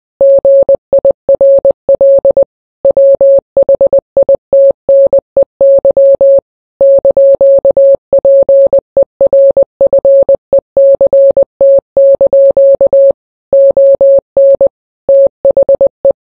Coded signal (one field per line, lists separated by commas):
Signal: Morse code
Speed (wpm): 20 wpm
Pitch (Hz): 550 Hz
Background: none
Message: GIRL WHITNEY )PERFECT) ON THE